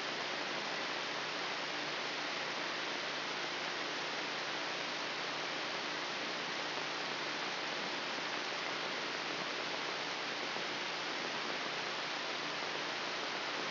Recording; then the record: brain microelectrode recording played as sound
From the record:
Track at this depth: inside the subthalamic nucleus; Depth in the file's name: 4.706 mm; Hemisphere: left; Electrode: 3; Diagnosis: Parkinson's disease